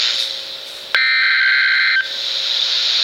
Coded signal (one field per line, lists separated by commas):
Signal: Emergency Alert System (SAME) tones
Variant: header bursts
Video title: EAS #39 - Flash Flood Warning 8-28-2013